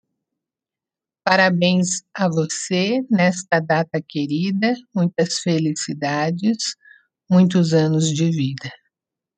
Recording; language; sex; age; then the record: short text; Brazilian Portuguese; female; 50 to 59 years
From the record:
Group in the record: control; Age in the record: 58 years